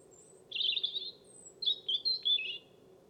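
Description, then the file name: European robin delivering a short song: a high thin note, a rich trilling warble, then a second high squeak leading into a jumbled, sweet twittering phrase; soft constant hum underneath. "Erithacus rubecula"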